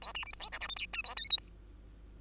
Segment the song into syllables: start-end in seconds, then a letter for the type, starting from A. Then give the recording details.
0.02-0.13 A, 0.14-0.24 B, 0.25-0.33 C, 0.33-0.40 D, 0.40-0.50 E, 0.52-0.59 F, 0.60-0.68 G, 0.68-0.76 H, 0.76-0.86 I, 0.93-1.02 J, 1.04-1.15 A, 1.16-1.29 K, 1.30-1.37 L, 1.38-1.50 M. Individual Bird2